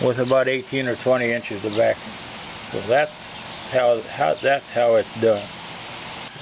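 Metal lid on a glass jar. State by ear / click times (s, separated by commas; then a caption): not seated / none. A metal lid on a glass jar that has been vacuum sealed, with the hole in the lid taped over, is being handled while someone talks. Nothing has snapped down or seated yet, and the clip holds only speech with quiet gaps between phrases.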